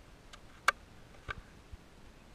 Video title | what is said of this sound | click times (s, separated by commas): **FIRST LOOK***BRAND NEW 2018 Can-Am OUTLANDER MAX 1000 XT-P | one little click of a switch here in | 0.7 s